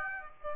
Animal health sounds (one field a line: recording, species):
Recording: mosquito wingbeat signal from an infrared sensor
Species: Aedes aegypti